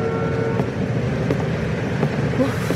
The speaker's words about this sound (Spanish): Uf, ¡qué tráfico tan terrible! Pensé que no llegaba el cóctel.